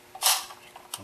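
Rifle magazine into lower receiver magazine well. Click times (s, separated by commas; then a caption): 0.9 s. A 10-round magazine, the type required in California, is pushed up into the lower receiver of a Bullet Button AR-15. A small tick and a loud scraping knock at 0.3 s are followed by a faint tick and a sharp click at 0.9 s as the magazine catch engages. The magazine is seated and locked in place, so it cannot be removed without a tool.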